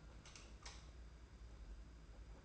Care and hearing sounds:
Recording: daily activity, microphone in the room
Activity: light off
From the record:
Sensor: 2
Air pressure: 991.7 hPa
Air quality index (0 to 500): 224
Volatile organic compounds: 1000 ppm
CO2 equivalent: 7476 ppm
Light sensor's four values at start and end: 16/45/18/17 and 11/26/10/10

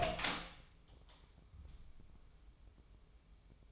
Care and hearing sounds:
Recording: daily activity, microphone in the room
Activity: open door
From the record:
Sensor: 1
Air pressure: 1005.0 hPa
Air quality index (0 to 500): 90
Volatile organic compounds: 2 ppm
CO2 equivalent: 1229 ppm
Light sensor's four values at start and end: 10/24/10/10 and 10/25/10/11

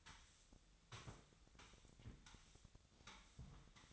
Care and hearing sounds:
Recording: daily activity, microphone in the room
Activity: sweep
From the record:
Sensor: 3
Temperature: 25.7 degrees Celsius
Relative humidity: 37.5%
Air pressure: 1006.9 hPa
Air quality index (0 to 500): 204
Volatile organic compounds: 18 ppm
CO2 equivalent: 2612 ppm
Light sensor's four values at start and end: 11/25/10/10 and 11/25/10/10

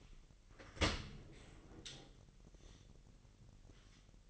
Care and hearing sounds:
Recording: daily activity, microphone in the room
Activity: open dishwasher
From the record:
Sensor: 4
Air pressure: 1001.3 hPa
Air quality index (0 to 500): 249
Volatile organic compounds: 46 ppm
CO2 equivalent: 3238 ppm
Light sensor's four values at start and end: 8/18/7/6 and 8/18/7/6

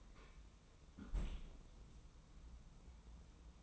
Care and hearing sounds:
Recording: daily activity, microphone in the room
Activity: close fridge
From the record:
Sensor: 1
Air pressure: 994.4 hPa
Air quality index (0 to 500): 220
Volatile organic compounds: 1000 ppm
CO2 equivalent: 7919 ppm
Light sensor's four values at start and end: 145/333/149/165 and 145/331/148/164

